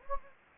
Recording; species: mosquito wingbeat signal from an infrared sensor; Anopheles gambiae